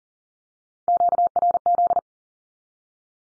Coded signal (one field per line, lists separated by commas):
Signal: Morse code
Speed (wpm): 40 wpm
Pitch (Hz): 700 Hz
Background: none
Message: QRZ